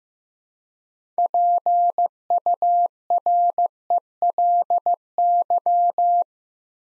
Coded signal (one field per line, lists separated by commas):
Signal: Morse code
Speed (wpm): 15 wpm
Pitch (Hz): 700 Hz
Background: none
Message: PURELY